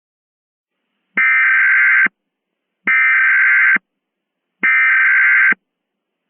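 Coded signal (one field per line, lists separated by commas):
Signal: Emergency Alert System (SAME) tones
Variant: header bursts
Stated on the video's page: Mock EAS scenario containing valid EAS tones.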